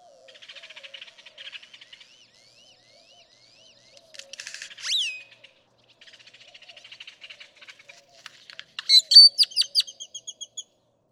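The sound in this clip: Great-tailed grackle song: dry rattling clicks, a harsh buzzy burst, more clicks, then a quick series of loud sharp metallic notes at the end.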